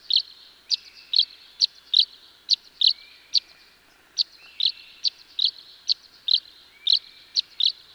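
Tree swallow giving repeated high chirps, crisp and fairly regular, with faint gliding whistled notes underneath.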